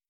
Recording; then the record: hydrophone in a shrimp aquaculture tank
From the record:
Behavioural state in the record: stressed